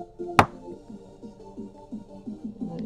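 With music playing in the background, the screen assembly of a ZTE Blade Z Max Z982 is pressed back into the phone frame after a bent bracket had kept it from clicking in. A single sharp click at 0.4 s marks the screen frame seating into place.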